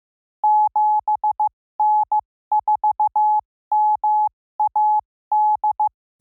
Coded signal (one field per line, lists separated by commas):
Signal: Morse code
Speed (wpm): 15 wpm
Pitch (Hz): 850 Hz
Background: none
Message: 7N4MAD